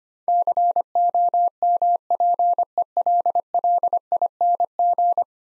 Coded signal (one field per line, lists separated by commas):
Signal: Morse code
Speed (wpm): 25 wpm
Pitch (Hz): 700 Hz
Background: none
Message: COMPELLING